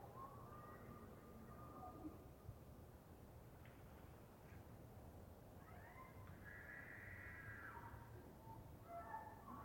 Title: Elk Multiple Bulls One Close Scream Roar Distant Ethereal Calls